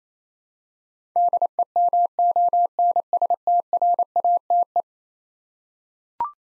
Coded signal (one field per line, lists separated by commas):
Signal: Morse code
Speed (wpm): 27 wpm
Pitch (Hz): 700 Hz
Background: none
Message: DEMONSTRATE